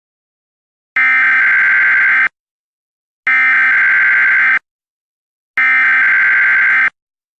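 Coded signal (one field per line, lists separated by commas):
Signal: Emergency Alert System (SAME) tones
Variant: header bursts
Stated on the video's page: Fictional Emergency Alert System scenario with a civil danger warning.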